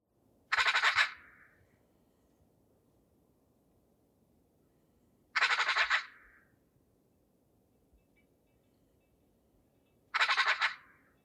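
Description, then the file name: Eurasian magpie producing three longer, grating rattles, each about half a second, repeated roughly every five seconds against a quiet background. "Pica pica"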